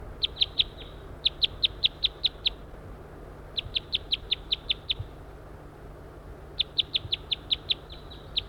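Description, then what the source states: Crossbill calls: sharp, even, high chips in several bursts separated by pauses, with a faint low hum beneath. Wild male calling; his mate has been captured.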